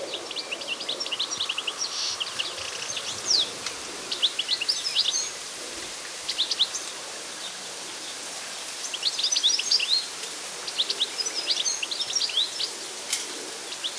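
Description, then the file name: European goldfinch calls and twittering, bursts of quick tinkling, liquid notes in clusters separated by short pauses, over a steady background hiss. "Carduelis carduelis"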